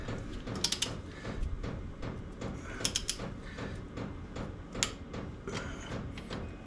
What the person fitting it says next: You can hear the click if you're listening for it.